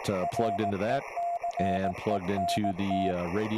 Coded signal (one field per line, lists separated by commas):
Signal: Morse code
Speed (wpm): 18 wpm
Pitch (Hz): 690 Hz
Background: speech, radio noise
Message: RECENT